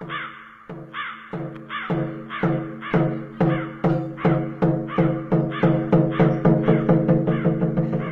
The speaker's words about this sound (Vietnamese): Đâu đó bầy quạ, nó như ngửi được mùi người chết, nó lại về. Nó đậu ở giữa ngay bờ rào cách hai nhà mà kêu lên từng hồi.